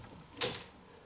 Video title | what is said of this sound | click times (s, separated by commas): RIDE88 INSTALL | And you can hear it snap in when it's in position, okay? | 0.4 s